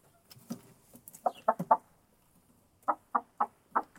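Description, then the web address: Chicken clucking, a few soft sounds, then two short groups of clucks. Hen in a henhouse. "monde des sons poule dans le poulailler"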